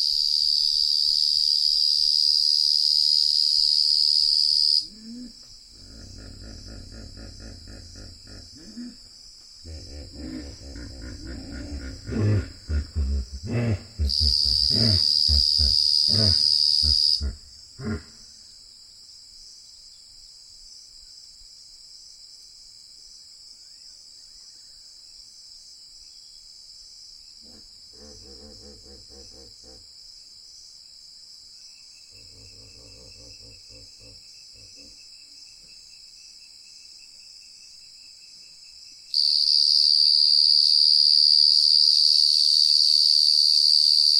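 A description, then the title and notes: A loud cicada drones at dusk in the savanna, its high, piercing buzz surging to full strength at the start, around 14–17 seconds, and again from 39 seconds on. Between bursts, low grunting and rumbling calls rise, with fainter bouts later. Loud Cicada At South Luangwa. Hippos and an obnoxiously loud cicada call at dusk in the savanna. Recorded with Sony PCM A10 and Lom mikroUsi microphones.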